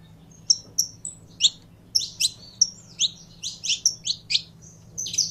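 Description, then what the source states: Belgian canary song of sharp, evenly spaced high chirps building into faster twittered notes toward the end, over a soft low hum. Song of a pure Belgian canary.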